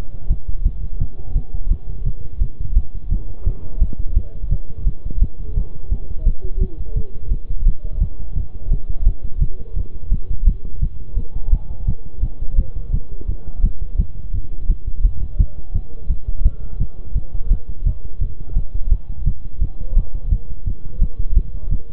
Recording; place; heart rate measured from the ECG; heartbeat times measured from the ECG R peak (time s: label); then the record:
heart sounds by stethoscope; between the tricuspid and mitral areas; 171 bpm
0.31 s: heartbeat
0.66 s: heartbeat
1.01 s: heartbeat
1.36 s: heartbeat
1.71 s: heartbeat
2.06 s: heartbeat
2.41 s: heartbeat
2.76 s: heartbeat
3.11 s: heartbeat
3.47 s: heartbeat
3.82 s: heartbeat
4.17 s: heartbeat
4.52 s: heartbeat
4.87 s: heartbeat
5.22 s: heartbeat
5.57 s: heartbeat
5.92 s: heartbeat
6.27 s: heartbeat
6.61 s: heartbeat
6.96 s: heartbeat
7.32 s: heartbeat
7.67 s: heartbeat
8.01 s: heartbeat
8.36 s: heartbeat
8.72 s: heartbeat
9.07 s: heartbeat
9.42 s: heartbeat
9.76 s: heartbeat
10.12 s: heartbeat
10.47 s: heartbeat
10.82 s: heartbeat
11.17 s: heartbeat
11.53 s: heartbeat
11.88 s: heartbeat
12.23 s: heartbeat
12.58 s: heartbeat
12.93 s: heartbeat
13.29 s: heartbeat
13.64 s: heartbeat
13.99 s: heartbeat
14.34 s: heartbeat
14.70 s: heartbeat
15.05 s: heartbeat
15.40 s: heartbeat
15.75 s: heartbeat
16.10 s: heartbeat
16.46 s: heartbeat
16.80 s: heartbeat
17.16 s: heartbeat
17.51 s: heartbeat
17.86 s: heartbeat
18.21 s: heartbeat
18.57 s: heartbeat
18.92 s: heartbeat
19.27 s: heartbeat
19.62 s: heartbeat
19.97 s: heartbeat
20.32 s: heartbeat
20.67 s: heartbeat
21.02 s: heartbeat
21.37 s: heartbeat
21.72 s: heartbeat
From the record:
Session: bicycle stress test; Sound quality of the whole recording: good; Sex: male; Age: 23 years